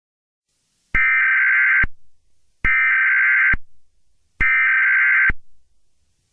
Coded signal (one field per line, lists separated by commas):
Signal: Emergency Alert System (SAME) tones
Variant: header bursts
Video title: EAS scenario 7: Doom Rig 2: The Wreckfest